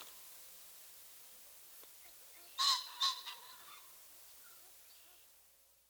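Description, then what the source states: Ring-necked Pheasant giving one quick, harsh two-part squawk over a steady soft background hiss. Male; loud two-noted squawk, followed by a distinct wing whir when close.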